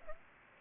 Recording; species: mosquito wingbeat signal from an infrared sensor; Aedes aegypti